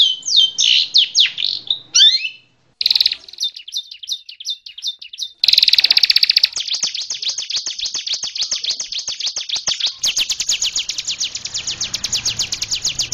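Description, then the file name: Long-tailed shrike song shifting between varied whistled phrases, short pauses and then a long, buzzy, rapidly pulsed high trill that continues to the end. Song in combination variations. "kombinasi cendet variasi"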